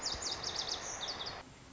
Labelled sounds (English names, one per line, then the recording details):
Lazuli Bunting
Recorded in Sonoma County, California